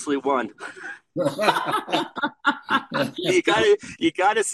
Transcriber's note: laughs